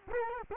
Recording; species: mosquito wingbeat signal from an infrared sensor; Culex quinquefasciatus